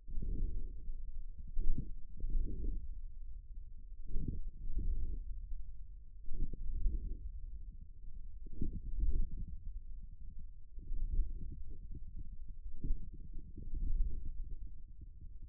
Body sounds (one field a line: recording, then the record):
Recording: forearm muscle sounds (acoustic myography)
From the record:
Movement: ulnar deviation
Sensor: system 1, eight BSWA MPA416 microphones around the upper forearm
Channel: 8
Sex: male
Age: 41 years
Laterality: right